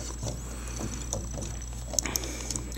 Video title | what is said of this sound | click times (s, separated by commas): Alternity Convoy (Silver Version) | and then take the seat and slide it all the way up on his forearm until it clicks | 2.0 s